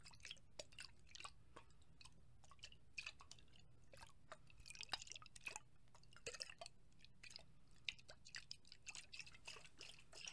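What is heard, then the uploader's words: Water sloshes and shakes in a glass, making a dense run of quick, bright drips, splashes and clicks. The sounds come irregularly and often overlap, growing busier in the middle and again near the end. A faint low hum runs steadily underneath. ASMR Liquid Shaking Heaven. Glass water sounds.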